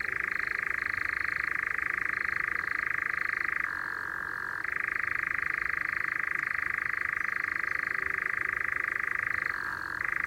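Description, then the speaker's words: European Nightjar churring: a steady, dry mechanical trill held on one pitch, dropping briefly lower twice before resuming. Nightjars present at night around Coursegoules, Alpes-Azur-Mercantour, France, on a nocturnal-animals sound trail; said to have a distinctive call. "Ici, il y a aussi des engoulevents. Ça a un cri particulier."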